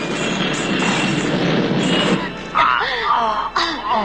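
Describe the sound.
A bomb explodes at a department store just as two people run out, a loud roar as a dense, rumbling wash of noise for about two seconds, then fades as shouting voices take over.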